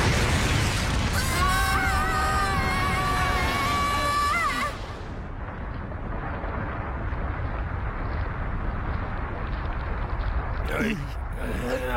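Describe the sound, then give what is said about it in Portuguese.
A vehicle crash-lands in the Portuguese dub of Dragon Ball Super after its driver loses control of the speed and the brakes fail: a loud roaring rush with high, wavering screeches for several seconds, then the noise abruptly drops to a lower rumbling hiss, and a voice begins near the end. “Peço imensa desculpa pela aterragem. Como vocês as duas não paravam de discutir, eu perdi o controle da velocidade e os travões, olha, falharam-me.”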